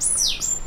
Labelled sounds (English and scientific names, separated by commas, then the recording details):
Stitchbird (Notiomystis cincta) song
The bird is a male
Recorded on Tiritiri Matangi Island, New Zealand, in 2005
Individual 2, of nest box 2